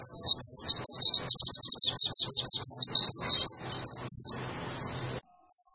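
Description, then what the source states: White-eye song, a fast continuous high chattering twitter for about five seconds, with low background rumble beneath. Lively-singing ('gacor') white-eye song used to train cage birds.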